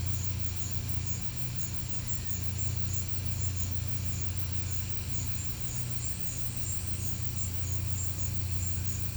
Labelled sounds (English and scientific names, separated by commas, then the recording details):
none
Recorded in pastures near Puerto Asís, Putumayo, Colombia, on 15 December 2024 at 14:30
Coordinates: 0.505, -76.324
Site G063